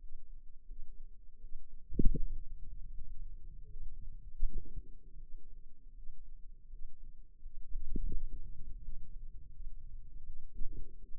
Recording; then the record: forearm muscle sounds (acoustic myography)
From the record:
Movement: ulnar deviation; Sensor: system 2, bracelet of six BSWA MPA416 microphones around the upper forearm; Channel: 3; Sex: female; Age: 23 years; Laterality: right